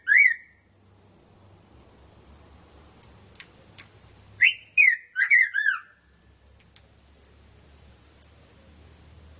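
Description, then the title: Red-throated parrotfinch: one short chirp, a quiet stretch with low hum, then a quick series of five sharp notes sliding lower in pitch. "Erythrura Psittacea"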